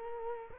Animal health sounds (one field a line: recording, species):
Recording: mosquito wingbeat signal from an infrared sensor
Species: Culex quinquefasciatus